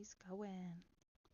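Plastic Lego brick pieces are handled over a brick-built fountain garden model while someone talks, with faint soft handling noises after the voice. Nothing has seated or clicked yet; the clip ends just before a piece snaps home.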